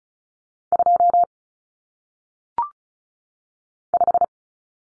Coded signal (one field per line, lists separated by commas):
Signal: Morse code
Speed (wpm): 36 wpm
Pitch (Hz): 700 Hz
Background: none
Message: 2 5